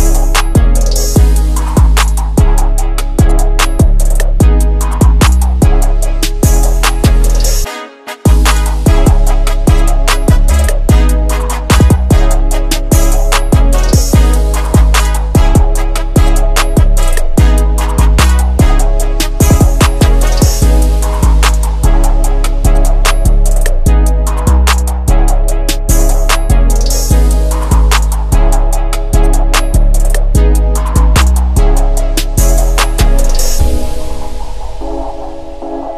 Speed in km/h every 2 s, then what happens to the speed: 3, 3, 5, 5, 5, 6, 6, 6, 8, 10, 10, 11, 11, 15, 11, 6, 3, 2.
0-27 speeds up to 15. 27-33 slows to 2. 33-36 standing.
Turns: none.